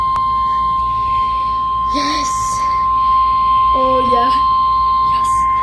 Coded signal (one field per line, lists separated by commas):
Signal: Emergency Alert System (SAME) tones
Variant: 1050 Hz attention tone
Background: speech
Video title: Required Weekly Test on NOAA weather radio station WXL-46 radio [EAS #2]